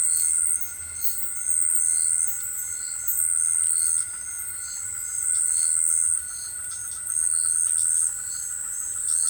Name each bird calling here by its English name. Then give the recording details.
none. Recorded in forest near Pivijay, Magdalena, Colombia, on 15 April 2023 at 18:30. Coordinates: 10.467, -74.380. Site Z5-G034